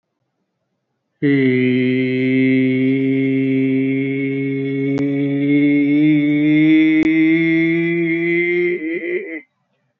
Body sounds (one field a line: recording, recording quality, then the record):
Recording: sustained vowel as in beet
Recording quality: excellent, no background noise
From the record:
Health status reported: recovered from COVID-19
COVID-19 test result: negative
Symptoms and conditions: cough, fever, hypertension, diabetes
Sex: male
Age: 65 years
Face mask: not worn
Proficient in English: yes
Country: India